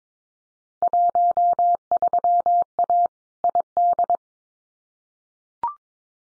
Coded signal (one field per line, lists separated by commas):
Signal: Morse code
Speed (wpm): 22 wpm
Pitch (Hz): 700 Hz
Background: none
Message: 13A ID